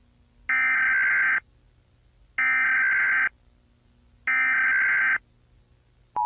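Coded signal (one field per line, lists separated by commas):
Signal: Emergency Alert System (SAME) tones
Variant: header bursts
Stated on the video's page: Fictional EAS scenario.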